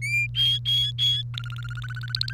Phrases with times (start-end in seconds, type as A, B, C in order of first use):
0.02-0.27 A, 0.34-1.22 B, 1.34-2.33 C